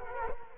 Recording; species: mosquito wingbeat signal from an infrared sensor; Culex quinquefasciatus